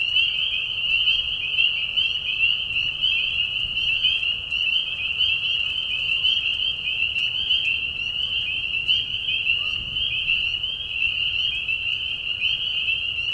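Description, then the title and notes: Spring peepers in a thick chorus, high whistled notes repeating and overlapping without pause. Mating call of spring peepers in a marsh at night during a short spring season; Tiny Marsh Conservation Area, Tiny, Ontario; high whistles at low volume. "Peeper frogs in the spring. Peeper frogs in a marsh at night. This is a mating call that happens during a very short season in the Spring. The high whistles at a low volume. Tiny Marsh Conservation area in Tiny, Ontario. Anton Pickard. Music for Sleep"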